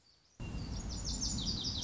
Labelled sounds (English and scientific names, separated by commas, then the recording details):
Lazuli Bunting (Passerina amoena)
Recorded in Sonoma County, California